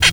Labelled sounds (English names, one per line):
Zebra Finch kackle call